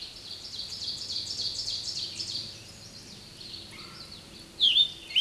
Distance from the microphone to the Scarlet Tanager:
about 5 m